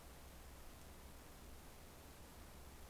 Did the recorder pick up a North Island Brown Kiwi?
no